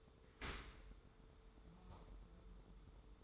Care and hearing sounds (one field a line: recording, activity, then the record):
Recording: daily activity, microphone in the room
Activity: open dishwasher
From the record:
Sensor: 3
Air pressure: 1014.9 hPa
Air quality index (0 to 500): 33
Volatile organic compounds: 1 ppm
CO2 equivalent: 551 ppm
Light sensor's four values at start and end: 11/26/11/11 and 11/26/11/10